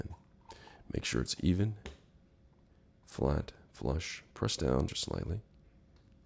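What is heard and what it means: A reversible tab cap is pressed down slightly and spun on a medicine bottle while someone talks, with a couple of brief faint ticks near the start. The cap has not clicked into place yet.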